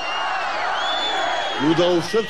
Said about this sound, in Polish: Wynoś się, zrezygnuj, krzyczał w parlamencie późniejszy jego następca Michaił Saakaszwili. To samo krzyczał przed parlamentem tłum.